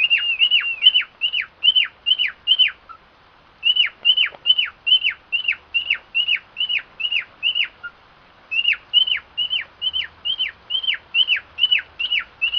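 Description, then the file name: Cockatiel calls: a fast series of short whistled notes, each sharply dropping in pitch, repeated two or three times a second in three bursts separated by brief pauses. Song of a white-faced cockatiel. "canto da calopsita cara branca"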